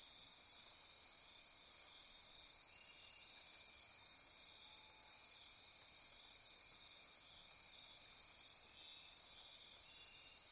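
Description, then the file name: Insect chorus, a dense, steady high-pitched drone with layered shimmering trills, continuous throughout without pause. Midnight insect chorus recorded near Corcovado. "Andy-Martin Midnight-Insect-Chorus-Near-Corcovado"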